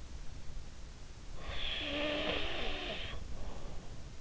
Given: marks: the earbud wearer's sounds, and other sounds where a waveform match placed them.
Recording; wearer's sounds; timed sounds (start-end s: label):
sounds in sleep by an in-ear microphone; snoring breath
1.43-3.85 s: snoring breath